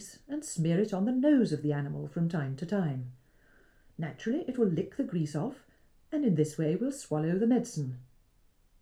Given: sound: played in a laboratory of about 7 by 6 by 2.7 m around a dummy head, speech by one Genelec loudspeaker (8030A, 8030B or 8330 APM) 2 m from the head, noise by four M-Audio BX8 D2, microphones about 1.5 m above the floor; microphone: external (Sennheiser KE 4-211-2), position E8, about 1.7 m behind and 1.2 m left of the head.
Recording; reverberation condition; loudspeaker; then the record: female speech in English; low; 120 degrees to the left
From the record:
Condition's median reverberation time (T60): about 310 ms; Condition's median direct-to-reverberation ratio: about 3.5 dB